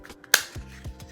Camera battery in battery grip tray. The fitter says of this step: did I get it in correctly it's looking like oh it's not seated correctly